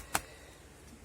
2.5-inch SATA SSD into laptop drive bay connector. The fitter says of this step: Voilà le SSD qui est bien mis, qui est bien enclenché.